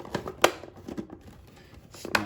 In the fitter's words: the top part of the cover on. Snaps into place.